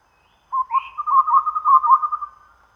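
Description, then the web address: Chestnut-rumped babbler producing a single rolling low trill, about two seconds long, with one higher slurred note near the start. Recorded at Danum on 1 April 2006. "DANUM 20060401. sound chestnut-rumped babbler"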